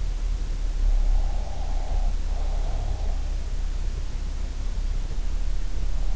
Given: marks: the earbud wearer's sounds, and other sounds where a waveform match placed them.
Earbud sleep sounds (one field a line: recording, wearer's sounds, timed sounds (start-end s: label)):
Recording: sounds in sleep by an in-ear microphone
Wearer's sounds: breath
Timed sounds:
1.16-3.17 s: breath